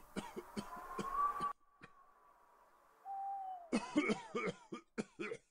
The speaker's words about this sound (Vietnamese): Một cơn gió lạnh khẽ thổi qua, khiến đại lão hòa thượng Quảng Tâm ho lên những tiếng khủ khủ